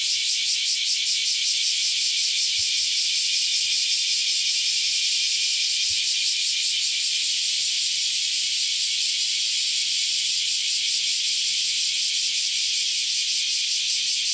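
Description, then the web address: Cicada drone, a continuous harsh high buzz with a faint wavering throb running throughout, and a few soft low clicks in the background. Recorded 31 July 2020 at 07:38. "arpla 自然音研究室"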